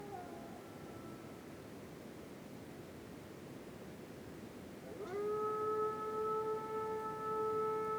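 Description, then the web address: Gray wolf howl: a faint fading tone at the start, about four seconds of quiet hiss, then a strong howl that sweeps up and holds a long steady note. Wolves howling in the distance at night under a dark moon, in a winter forest in the North Laurentian Woods, Canada. "Articulated Sounds. WINTER Forest night dark moon with distant wolves howls, North Laurentian Woods, Canada"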